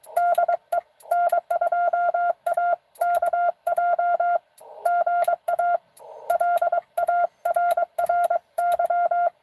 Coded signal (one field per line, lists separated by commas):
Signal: Morse code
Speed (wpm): 22 wpm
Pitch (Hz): 690 Hz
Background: none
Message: DE N2AKJ GA LARRY